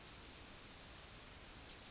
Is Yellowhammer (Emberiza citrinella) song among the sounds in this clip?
no